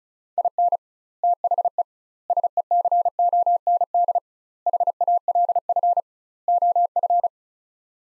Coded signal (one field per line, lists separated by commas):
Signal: Morse code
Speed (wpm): 36 wpm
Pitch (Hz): 700 Hz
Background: none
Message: IN THE SECOND HALF OF